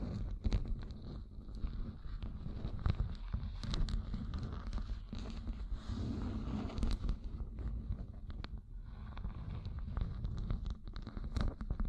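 Gem-covered fingertips tap and scratch in quick, irregular clicks throughout, over a steady low rumble with a brief fuller swell near six seconds.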